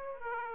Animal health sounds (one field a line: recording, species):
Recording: mosquito wingbeat signal from an infrared sensor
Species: Aedes aegypti